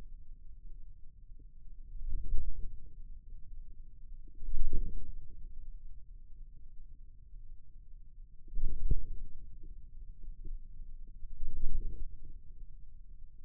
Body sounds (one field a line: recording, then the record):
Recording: forearm muscle sounds (acoustic myography)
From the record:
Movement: wrist flexion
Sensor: system 2, bracelet of six BSWA MPA416 microphones around the upper forearm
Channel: 2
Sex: male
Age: 22 years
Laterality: right